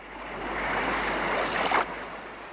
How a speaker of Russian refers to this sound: Вот пошел он к синему морю, видит, море слегка разыгралось.